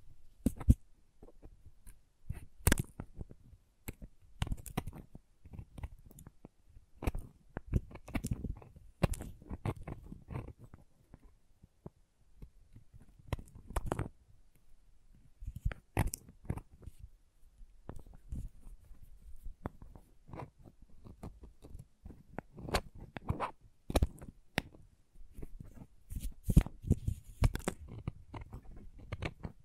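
Crayons tapping, carving and cutting, heard as a steady run of short, sharp clicks and scrapes packed closely together for the whole stretch. The hits come irregularly, several per second, with brief quiet gaps and a few louder snaps near the start and end.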